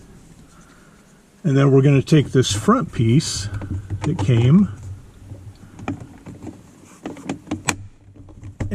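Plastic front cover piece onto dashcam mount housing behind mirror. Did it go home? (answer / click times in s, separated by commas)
yes / 7.7 s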